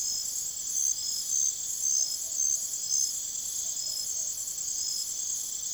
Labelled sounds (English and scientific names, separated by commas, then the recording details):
none
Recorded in secondary vegetation near Puerto Asís, Putumayo, Colombia, on 24 June 2025 at 04:00
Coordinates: 0.489, -76.322
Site G021